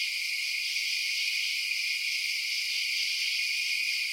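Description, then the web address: High, unbroken insect drone, many callers blending into one even shimmering buzz. Outdoor night ambience of insects. "Blast Wave Update 3 Night Insects"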